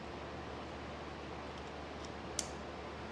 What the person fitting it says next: It just clicks back in.